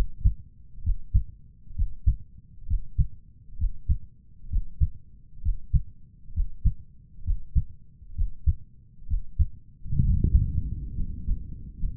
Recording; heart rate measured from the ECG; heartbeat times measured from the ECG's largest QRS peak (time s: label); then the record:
heart sounds by stethoscope; 66 bpm
0.82 s: heartbeat
1.74 s: heartbeat
2.66 s: heartbeat
3.56 s: heartbeat
4.48 s: heartbeat
5.41 s: heartbeat
6.32 s: heartbeat
7.23 s: heartbeat
8.14 s: heartbeat
9.06 s: heartbeat
10.00 s: heartbeat
10.94 s: heartbeat
11.78 s: heartbeat
From the record:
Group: healthy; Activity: Valsalva maneuver 0-9 s, rest 9-12 s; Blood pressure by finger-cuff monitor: 119/70 mmHg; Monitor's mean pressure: 86 mmHg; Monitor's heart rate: 66 bpm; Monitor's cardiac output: 5.7 L/min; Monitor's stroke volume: 86 mL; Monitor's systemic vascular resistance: 1090 dyn s/cm5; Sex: female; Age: 23 years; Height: 160 cm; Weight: 50.4 kg